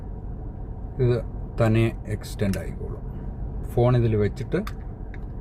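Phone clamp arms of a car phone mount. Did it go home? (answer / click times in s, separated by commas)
no / none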